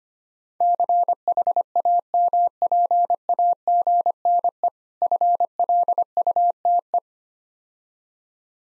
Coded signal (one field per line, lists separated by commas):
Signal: Morse code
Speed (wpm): 26 wpm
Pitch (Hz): 700 Hz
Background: none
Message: CHAMPAGNE FLUTE